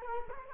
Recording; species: mosquito wingbeat signal from an infrared sensor; Culex quinquefasciatus